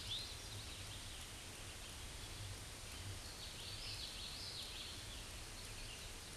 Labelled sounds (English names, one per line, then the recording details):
Hooded Warbler song
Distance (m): 35 m
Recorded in a Pennsylvania forest on 18 May 2023 at 09:22
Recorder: AudioMoth, point grid1_30_low
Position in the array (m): 178 m, 107 m